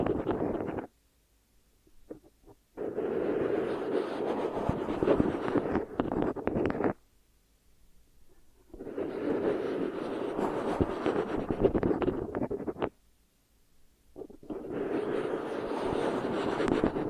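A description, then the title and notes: Ear triggers come in dense crackling, rustling bursts of a few seconds each, separated by near-silent gaps at about two, eight and thirteen seconds. ASMR Hypnotic Ear Triggers for Instant Sleep (No Talking).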